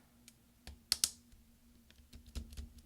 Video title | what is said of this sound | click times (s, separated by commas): F5 Key 1278 Early 2011 13 inch Macbook Pro 2.3 GHz Core i5 MC700 Type J | what we're going to do is we're going to push down with our finger until it snaps into place and sometimes you have to roll your finger | 0.9 s